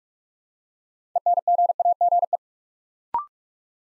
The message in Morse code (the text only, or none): ENGAGE